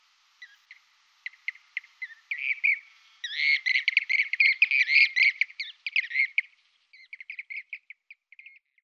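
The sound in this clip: Blue-cheeked bee-eater song, a run of clipped chirps building into continuous liquid rolling trills, then breaking into quick short notes toward the end.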